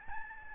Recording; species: mosquito wingbeat signal from an infrared sensor; Aedes albopictus